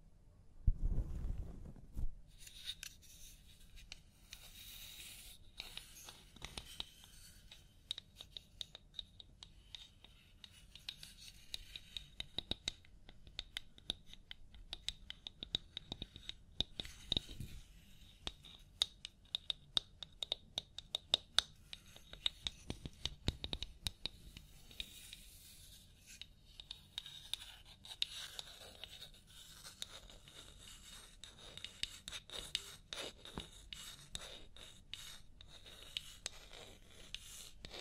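Scalp massage and hair washing, heard as a steady run of fingertip scratching and rubbing with dense crackly ticks throughout. The texture stays bright and busy for the whole stretch, with soft low thumps near the start and again around 17 and 23 seconds.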